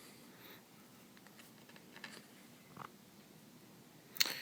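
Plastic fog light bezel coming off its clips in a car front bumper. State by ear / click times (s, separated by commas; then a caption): released / 4.2 s. A plastic fog light bezel on the front bumper of a 2010–2012 Chevy Equinox is pried off by hand, pulled outward slowly and worked up and down, rather than removing the hard-to-reach bolt. Faint creaks and small plastic clicks lead up to a sharp snap at 4.2 s as its plastic tabs let go and the bezel pops off.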